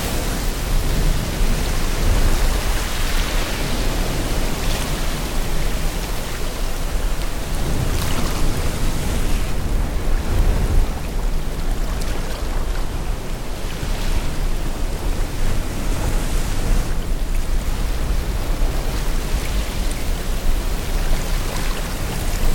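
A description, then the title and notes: On the Irish coast, a dense, steady wash of sea noise holds level for the whole stretch, with brief brighter surges near 8 and 16 seconds. IRISH COAST.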